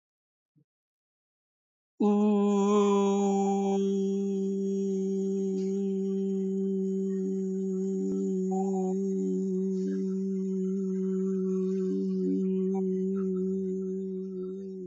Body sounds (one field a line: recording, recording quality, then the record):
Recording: sustained vowel as in boot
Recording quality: excellent, no background noise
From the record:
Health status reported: healthy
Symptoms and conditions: none ticked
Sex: male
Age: 72 years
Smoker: not ticked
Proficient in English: yes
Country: India